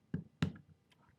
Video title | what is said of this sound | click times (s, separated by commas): Quick Tips Springfield Armory Echelon Mag Release Disassembly & Reassembly | let's go ahead and use our armors tool our back strap and listen for the click | 0.4 s